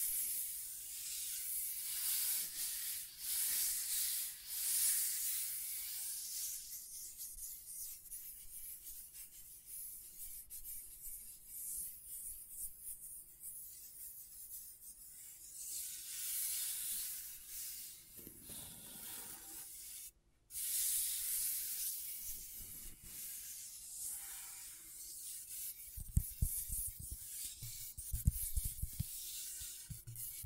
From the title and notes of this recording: ASMR Brain Tingling Scratchboard (No Talking).